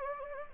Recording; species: mosquito wingbeat signal from an infrared sensor; Anopheles gambiae